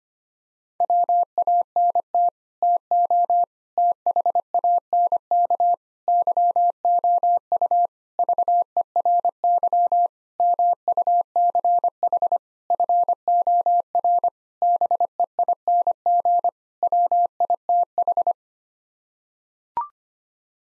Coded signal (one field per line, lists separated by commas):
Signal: Morse code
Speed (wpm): 25 wpm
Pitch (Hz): 700 Hz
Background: none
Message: WANT TO THANK YOU VERY MUCH FOR BEING WITH